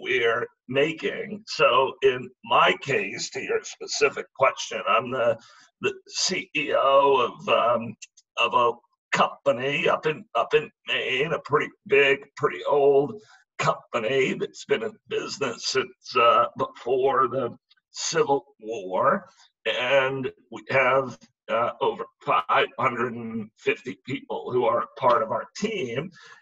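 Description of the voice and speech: An adult man speaks in short, broken phrases with frequent pauses and a rough, strained voice. This is spasmodic dysphonia, a rare neurological speaking disorder that makes communicating difficult, here with partial loss of voice.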